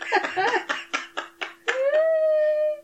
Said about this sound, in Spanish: Es el perro que está comiendo albóndigas.